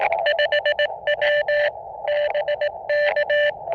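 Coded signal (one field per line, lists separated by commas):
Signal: Morse code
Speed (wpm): 18 wpm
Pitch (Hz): 590 Hz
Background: radio noise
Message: 5W BK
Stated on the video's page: Portable outdoor operation with Elecraft KX2 on a 3 m telescopic whip with vertical antenna clamp on an e-bike, in a forest that is not an official park.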